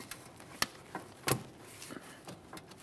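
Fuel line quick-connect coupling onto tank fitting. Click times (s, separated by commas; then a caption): 0.6 s. A fuel line quick-connect coupling on a 2002-2009 Chevrolet Trailblazer is pushed onto its fitting at the fuel tank, one of the two front fuel lines. A sharp click at 0.6 s shows it has seated, with a smaller tick before it and a louder broadband knock around 1.3 s. No one talks.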